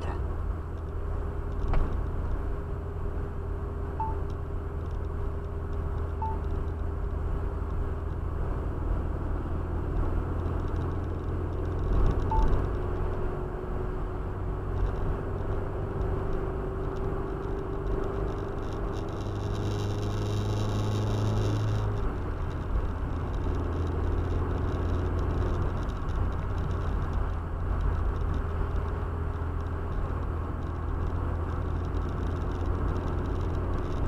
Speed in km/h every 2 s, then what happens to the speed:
62, 62, 61, 61, 63, 67, 70, 71, 73, 78, 81, 79, 82, 78, 77, 77, 81.
0-6 steady at about 61. 6-20 speeds up to 81. 20-34 steady at about 79.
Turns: none.